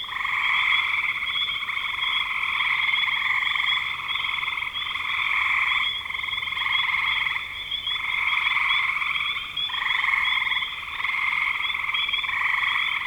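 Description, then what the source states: Frog chorus of repeated rattling trills in bursts from overlapping callers. Recorded in spring 2025.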